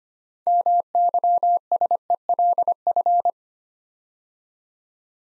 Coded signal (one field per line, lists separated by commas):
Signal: Morse code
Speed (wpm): 25 wpm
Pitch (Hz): 700 Hz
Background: none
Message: MYSELF